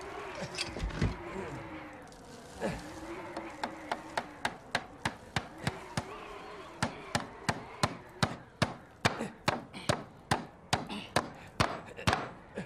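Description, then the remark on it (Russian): A hammer drives a nail into wood with a long run of sharp, evenly spaced blows that grow steadier and slightly quicker, after a few scattered knocks and low rumbling at the start. “Деревяшку. Да, ладно. Дай гвоздь. Держи.”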